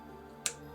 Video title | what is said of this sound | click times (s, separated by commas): Masters of the Universe: Origins Hordak review | and if you push down on this and it pops loose | 0.5 s